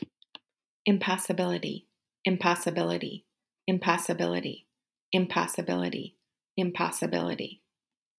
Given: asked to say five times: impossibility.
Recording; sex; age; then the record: repeated word; female; 40 to 49 years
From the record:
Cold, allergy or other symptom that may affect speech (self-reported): no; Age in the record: 41 years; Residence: Wisconsin, United States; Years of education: 17